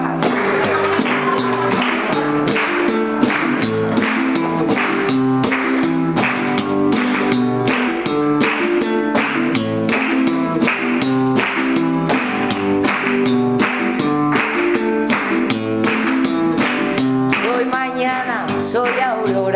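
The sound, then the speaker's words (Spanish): An audience at a book presentation in Zaragoza claps along to a farewell song in a steady, even rhythm. Sharp hand claps repeat about twice a second throughout, over a sustained musical backdrop with held tones. “Allá, seguid con las palmas, pero al ritmo.”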